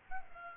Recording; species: mosquito wingbeat signal from an infrared sensor; Aedes aegypti